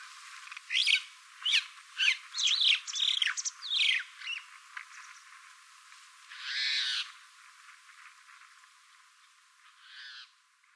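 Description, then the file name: Crested myna giving a run of harsh, squawky calls and chirps in quick succession over the first four seconds, then a rasping note and a final short squawk after pauses. Reference material from 22 November 2013. "hakkacho tasuno kuroda"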